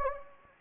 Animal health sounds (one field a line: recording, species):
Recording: mosquito wingbeat signal from an infrared sensor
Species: Anopheles gambiae